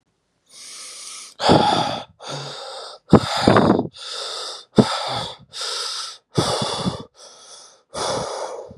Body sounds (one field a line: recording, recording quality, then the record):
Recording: shallow breathing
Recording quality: excellent, no background noise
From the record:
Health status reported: healthy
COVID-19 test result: negative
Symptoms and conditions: fatigue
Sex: male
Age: 34 years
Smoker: yes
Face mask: not worn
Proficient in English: no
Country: France